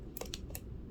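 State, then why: Seated. A microSD memory card is pushed all the way down into the card slot of a home security camera and seats with a click at 0.3 seconds. Short, sharp ticks are heard around it at about 0.2 and 0.6 seconds, and the card is confirmed seated.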